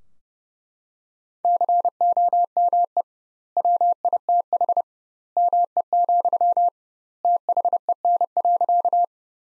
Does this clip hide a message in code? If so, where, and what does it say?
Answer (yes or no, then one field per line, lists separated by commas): yes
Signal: Morse code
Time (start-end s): 1.4-9.0 s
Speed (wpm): 30 wpm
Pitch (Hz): 700 Hz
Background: none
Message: COME WITH ME, THEN.